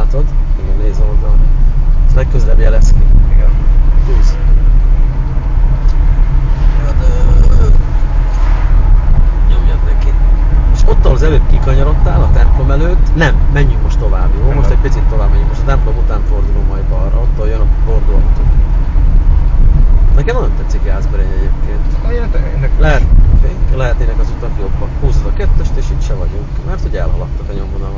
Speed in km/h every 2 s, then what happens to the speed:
25, 28, 28, 29, 30, 31, 31, 32, 31, 29, 30, 27, 20, 13.
0-21 steady at about 30. 21-25 brakes to 13.